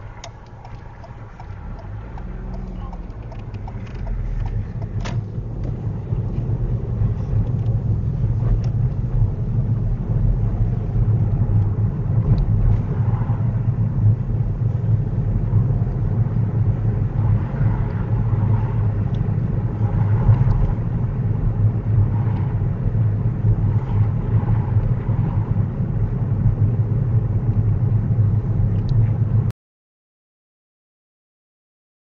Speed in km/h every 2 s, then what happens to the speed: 3, 10, 18, 23, 24, 24, 23, 26, 27, 29, 27, 27, 27, 26, 26, 24.
0-8 speeds up to 24. 12-17 speeds up to 29. 17-32 steady at about 27.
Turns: none.